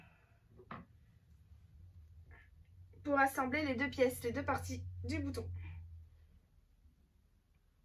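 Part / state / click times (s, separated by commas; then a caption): snap button halves into each other through fabric / seated / 0.7 s. The two halves of a metal snap button are pressed hard together with a pliers tool through the fabric of a small glasses case so that they clip together. A short, sharp click sounds at 0.7 s as the snap seats, followed by a low steady hum, and from about 3 s someone talks.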